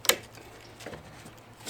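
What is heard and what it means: On a 2003 Ford Expedition, the second fuel line quick-connect fitting is pushed onto the fuel filter stem and seats with a sharp click at 0.1 s, preceded by a softer tick at 0.05 s. Faint handling noises follow, and someone talks.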